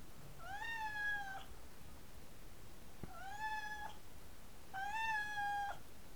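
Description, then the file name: Siberian cat meowing three times, each a level, drawn-out mew about a second long, over quiet background hiss. "Sibirskij Kot - Myaukane"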